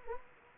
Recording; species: mosquito wingbeat signal from an infrared sensor; Anopheles gambiae